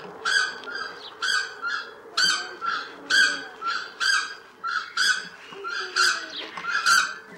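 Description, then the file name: South Island takahe calls: loud harmonic hoots repeated roughly once a second in a steady series, with a softer note between some calls. "Notornis"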